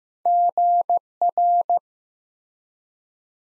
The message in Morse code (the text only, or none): GR